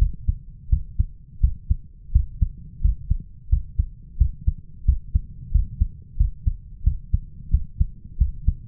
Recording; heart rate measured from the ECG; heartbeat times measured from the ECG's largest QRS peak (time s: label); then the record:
heart sounds by stethoscope; 88 bpm
0.00 s: heartbeat
0.71 s: heartbeat
1.43 s: heartbeat
2.14 s: heartbeat
2.83 s: heartbeat
3.51 s: heartbeat
4.20 s: heartbeat
4.87 s: heartbeat
5.54 s: heartbeat
6.19 s: heartbeat
6.86 s: heartbeat
7.53 s: heartbeat
8.20 s: heartbeat
From the record:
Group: healthy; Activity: rest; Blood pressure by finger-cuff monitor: 148/94 mmHg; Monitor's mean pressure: 111 mmHg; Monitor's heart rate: 87 bpm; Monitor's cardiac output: 6.9 L/min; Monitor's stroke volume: 82 mL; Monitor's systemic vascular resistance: 1190 dyn s/cm5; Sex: male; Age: 21 years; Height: 175 cm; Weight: 72.6 kg